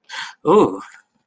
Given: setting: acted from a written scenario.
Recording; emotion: vocal sound without words; positive surprise